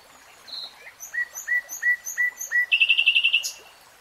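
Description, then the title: Nightingale song: a thin whistle, then five rising slurred notes repeated, ending in a fast rattling trill of about nine notes and a sharp high flourish. Nightingale singing in real time. "[Tiếng chim hót] Nightingale Singing"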